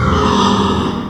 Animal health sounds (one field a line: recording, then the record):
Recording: squeal of a Yucatan mini pig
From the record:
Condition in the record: after surgery on the right vocal fold (resection and tissue-engineered implant)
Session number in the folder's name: 15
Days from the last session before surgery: 175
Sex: female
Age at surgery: 19 weeks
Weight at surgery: 25 kg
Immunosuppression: prednisolone